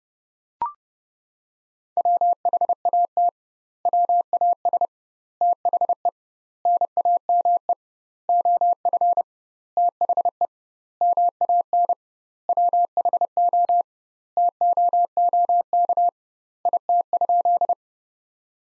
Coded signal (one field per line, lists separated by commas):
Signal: Morse code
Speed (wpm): 32 wpm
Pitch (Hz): 700 Hz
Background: none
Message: WHAT WAS THE NAME OF THE MAN WHO TOOK IT?